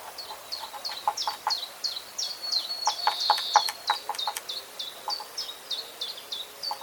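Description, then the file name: Eurasian blue tit calls: thin, high downslurred notes repeated about three times a second, with lower rhythmic clicking notes and a brief buzzy burst midway. "Cyanistes caeruleus"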